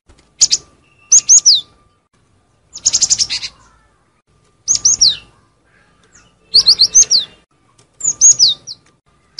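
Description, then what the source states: Lovebird shrill chirps in several short bursts of sharp high notes, repeated across the stretch with quiet gaps between. Lure call used for trapping birds.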